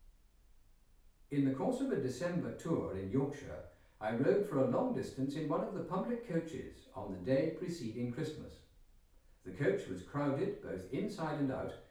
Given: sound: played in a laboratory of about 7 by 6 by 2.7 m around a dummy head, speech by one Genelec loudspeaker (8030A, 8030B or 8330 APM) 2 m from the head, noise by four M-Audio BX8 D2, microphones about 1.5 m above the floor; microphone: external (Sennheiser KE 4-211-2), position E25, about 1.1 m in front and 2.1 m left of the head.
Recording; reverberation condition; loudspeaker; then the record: male speech in English; medium; 150 degrees to the right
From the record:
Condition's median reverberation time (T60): about 510 ms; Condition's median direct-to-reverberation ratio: about -0.5 dB